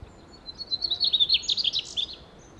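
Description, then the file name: Mugimaki flycatcher song: one continuous high, sweet warble of fast, varied twittering notes, rising and dipping in pitch for about one and a half seconds. Recorded on 16 June 2012. "Mmugimakii Dacha"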